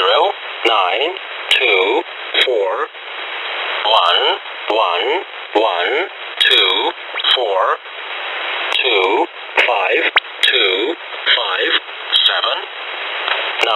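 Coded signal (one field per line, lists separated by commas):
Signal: numbers station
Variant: E07 English Man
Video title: Russian E07 "English Man" number station at 12168 kHz (long message)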